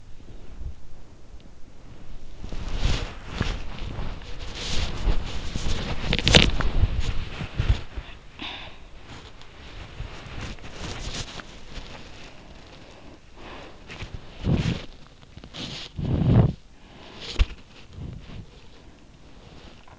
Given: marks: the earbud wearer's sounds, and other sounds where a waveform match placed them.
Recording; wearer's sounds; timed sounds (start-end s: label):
sounds in sleep by an in-ear microphone; body movement, talking in sleep, breath
0.00-19.99 s: body movement
8.21-8.97 s: talking in sleep
13.20-13.92 s: breath
19.81-19.99 s: breath